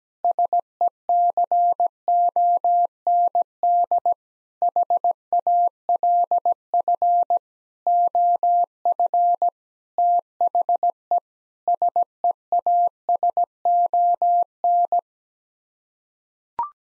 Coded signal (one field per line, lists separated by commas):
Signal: Morse code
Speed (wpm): 17 wpm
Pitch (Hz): 700 Hz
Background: none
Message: SECOND HALF OF THE SEASON